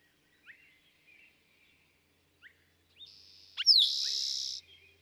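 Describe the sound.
Eastern towhee song, quiet chips and a soft buzz leading to a sharp note and a loud, level buzzy trill lasting about a second.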